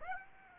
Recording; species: mosquito wingbeat signal from an infrared sensor; Aedes aegypti